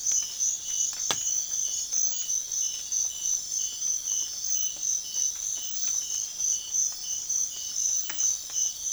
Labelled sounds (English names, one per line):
none